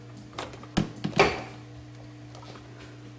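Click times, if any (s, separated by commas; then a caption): 0.8 s, 1.2 s. A new icemaker fan and auger assembly is pushed into its plastic housing in the freezer compartment of a Samsung refrigerator, over a low steady hum. Sharp snaps at 0.8 s and 1.2 s, with a softer knock around 1.05 s, are heard as it seats. The assembly is snapped into place.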